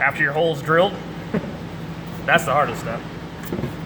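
A Siemens pilot device or pushbutton is being handled for mounting into its holder in a drilled panel hole, with the arrow on the device to be lined up with the groove at the top of the holder. Someone talks throughout, and a brief sharp sound occurs at 1.4 s. The device has not yet seated or clicked into the holder by the end of the clip.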